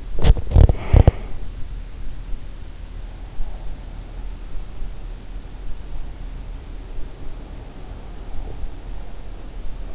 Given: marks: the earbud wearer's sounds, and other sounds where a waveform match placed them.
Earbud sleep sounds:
sounds in sleep by an in-ear microphone; teeth grinding
0.00-1.09 s: teeth grinding

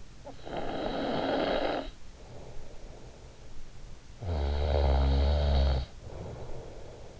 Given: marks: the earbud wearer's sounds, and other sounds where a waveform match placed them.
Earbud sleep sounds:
sounds in sleep by an in-ear microphone; snoring breath
0.09-2.67 s: snoring breath
3.84-7.20 s: snoring breath

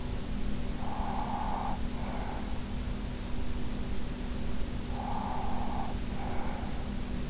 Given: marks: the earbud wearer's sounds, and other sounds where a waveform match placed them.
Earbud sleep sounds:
sounds in sleep by an in-ear microphone; breath
0.70-2.74 s: breath
4.77-7.29 s: breath

